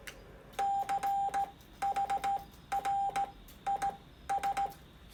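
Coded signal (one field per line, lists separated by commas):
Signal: Morse code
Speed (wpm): 16 wpm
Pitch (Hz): 790 Hz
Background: none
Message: CHRIS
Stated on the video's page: CW contacts made with an extendable aluminium portable HF whip antenna.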